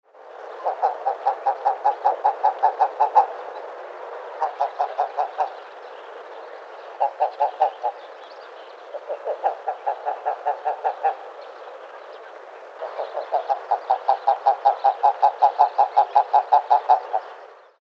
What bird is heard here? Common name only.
Common Eider